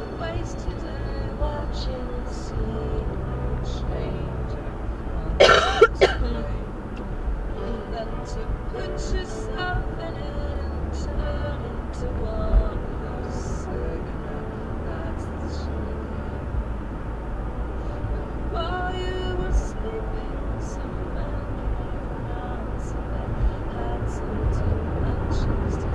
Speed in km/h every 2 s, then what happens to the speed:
55, 66, 68, 68, 66, 68, 71, 72, 72, 74, 76, 79, 84.
0-3 speeds up to 68. 3-20 steady at about 71. 20-26 speeds up to 84.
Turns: none.